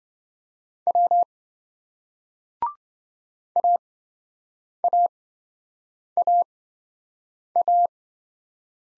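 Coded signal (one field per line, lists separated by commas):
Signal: Morse code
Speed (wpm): 26 wpm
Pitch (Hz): 700 Hz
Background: none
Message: W AAAA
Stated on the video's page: Morse single-letter practice drill in speed-racing format, starting fast and slowing to a 20 wpm base; the final repeat is sent at maximum speed.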